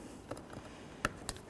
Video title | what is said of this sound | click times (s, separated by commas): How to Replace Side Mirror 1998-2002 Honda Accord | it a nice click, a nice tug. | 1.0 s